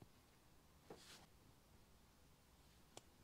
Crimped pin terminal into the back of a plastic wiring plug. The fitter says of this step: into the back of the plug until they make a nice click